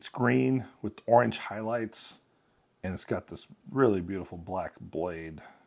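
A second folding knife, green with orange highlights and a black blade, is handled while someone talks. The blade has not yet locked into place, and no click is heard in the clip.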